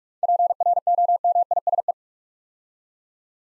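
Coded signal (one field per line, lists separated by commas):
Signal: Morse code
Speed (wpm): 44 wpm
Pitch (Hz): 700 Hz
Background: none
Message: PROMISE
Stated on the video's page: Morse drill of 7-letter words at 45 wpm, with the first three letters spoken beforehand.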